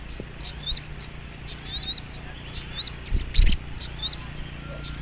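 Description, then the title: Little spiderhunter singing high, sharp chirps and wavering slurs in quick phrases, interrupted once by a brief low thumping noise, with a soft background hum. Training recording (masteran) of sogok ontong labaik. "Masteran Burung Sogok Ontong Labaik"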